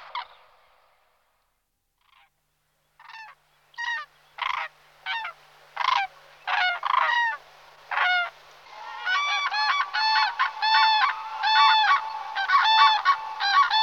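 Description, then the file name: Common cranes trumpeting: a few spaced, ringing bugle notes build into a dense, overlapping chorus of loud rolling calls from several birds. "Jerab popelavy Grus grus"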